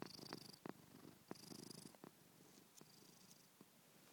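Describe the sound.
Cat purring in soft rhythmic bursts, each lasting under a second, with brief pauses and a few sharp clicks between them.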